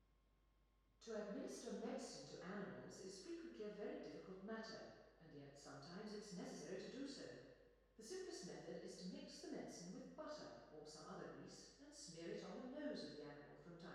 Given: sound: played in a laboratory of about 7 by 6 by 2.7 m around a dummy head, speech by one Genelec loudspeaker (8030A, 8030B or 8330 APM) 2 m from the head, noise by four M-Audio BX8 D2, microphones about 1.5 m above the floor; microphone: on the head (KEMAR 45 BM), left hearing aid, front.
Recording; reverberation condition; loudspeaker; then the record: female speech in English; high; 60 degrees to the right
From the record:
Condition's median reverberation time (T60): about 1300 ms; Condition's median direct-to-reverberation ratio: about -4.0 dB